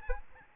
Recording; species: mosquito wingbeat signal from an infrared sensor; Aedes albopictus